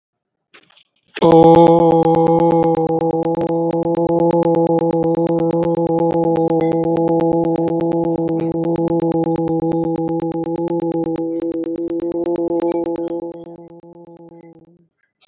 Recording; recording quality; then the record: sustained vowel as in boot; moderate, slight background noise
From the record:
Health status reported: healthy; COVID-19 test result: not tested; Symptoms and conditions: none ticked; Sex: male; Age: 39 years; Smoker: not ticked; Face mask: worn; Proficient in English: yes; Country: India